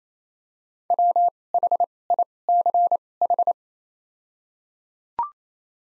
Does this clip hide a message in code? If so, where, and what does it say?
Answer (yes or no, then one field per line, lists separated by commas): yes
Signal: Morse code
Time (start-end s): 0.9-3.5 s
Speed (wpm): 28 wpm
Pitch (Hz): 700 Hz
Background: none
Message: WHICH